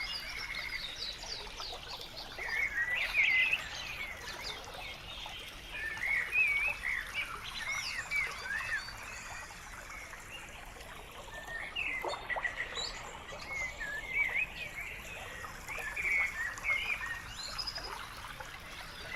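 Birds sing in a forest over a steady wash of flowing river water. Bright chirps and warbling phrases come in bursts every few seconds, strongest around 3, 6 and 15 to 17 seconds, with a quieter stretch near the middle.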